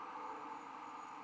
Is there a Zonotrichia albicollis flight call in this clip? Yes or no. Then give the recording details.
no. No flight call is heard. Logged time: 23:15 on 14 December 2014